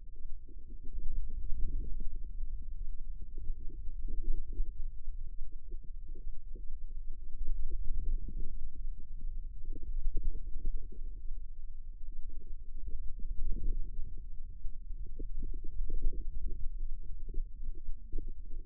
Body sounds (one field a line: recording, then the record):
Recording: forearm muscle sounds (acoustic myography)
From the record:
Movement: ulnar deviation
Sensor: system 2, bracelet of six BSWA MPA416 microphones around the upper forearm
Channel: 2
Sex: female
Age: 25 years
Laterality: right